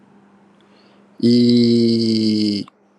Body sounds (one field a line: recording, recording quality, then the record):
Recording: sustained vowel as in beet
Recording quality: excellent, no background noise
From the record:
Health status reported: healthy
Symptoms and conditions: hypertension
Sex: male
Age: 49 years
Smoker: yes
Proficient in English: yes